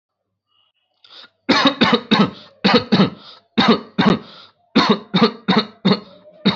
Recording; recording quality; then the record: heavy voluntary cough; excellent, no background noise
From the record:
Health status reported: healthy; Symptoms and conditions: none ticked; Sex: male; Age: 19 years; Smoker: not ticked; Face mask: not worn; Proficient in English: yes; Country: India